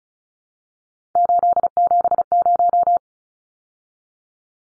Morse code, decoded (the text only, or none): 870